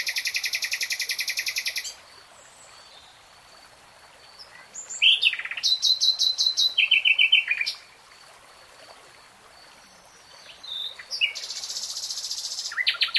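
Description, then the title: Nightingale song: loud, fast rattling strings of identical notes, a sweeping whistle and chattering phrases, broken by pauses of steady hiss. Nightingale singing, recorded in real time. "[Tiếng chim hót] 3 Hours REALTIME Nightingale Singing"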